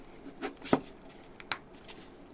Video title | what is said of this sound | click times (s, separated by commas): Apple Watch Ultra 2 Setup Time: How Long Does It Really Take? | You will hear click | 1.5 s